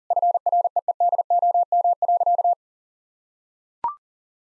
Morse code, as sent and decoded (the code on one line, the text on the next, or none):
..-. .-. . . -.. --- -- .-.-.-
FREEDOM.